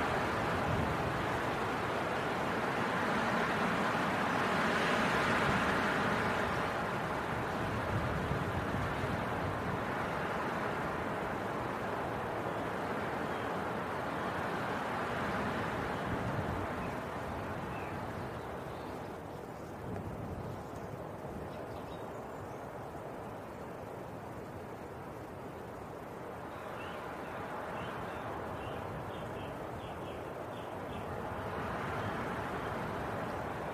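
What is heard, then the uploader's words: A winter wind storm roars steadily, swelling into louder gusts around five, sixteen and thirty seconds, with a dense low rumble underneath throughout. Winter Wind Storm.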